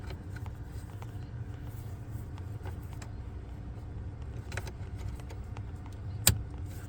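A wiring harness connector prong is lined up and pushed into its mating wire connector on a 2014 Ram 3500 pickup truck that won't start or cuts off while driving. Under a steady low hum, faint handling clicks come at about 4.5 and 4.6 s. A sharp, loud snap at 6.3 s marks the connector seating.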